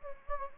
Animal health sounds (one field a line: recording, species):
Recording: mosquito wingbeat signal from an infrared sensor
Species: Anopheles gambiae